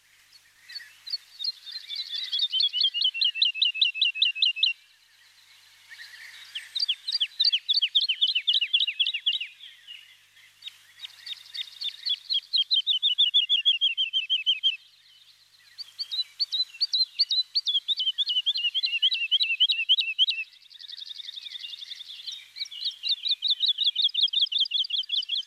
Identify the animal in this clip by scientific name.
Lullula arborea